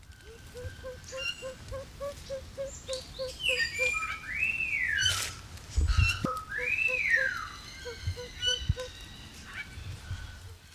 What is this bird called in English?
Siamese Fireback